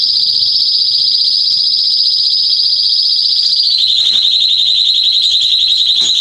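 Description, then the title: Belgian canary holding a steady rapid trill, a continuous rolling buzz that drops slightly in pitch midway. Male Belgian canary singing a lot, to warm up young canaries within 30 minutes. "Esquente Seu Filhote E Canario Belga Em 30 Minutos Macho Cantando Muito. CANTO DO CANRIO"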